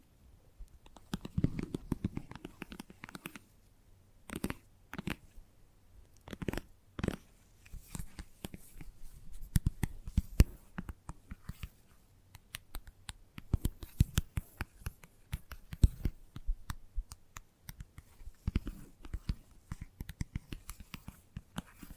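Gentle tapping, with quick, irregular taps that come in dense clusters throughout. Softer clicks and light scratchy touches fill the gaps, while a few heavier, deeper taps stand out near 2, 4.5, 7, 10 and 16 seconds.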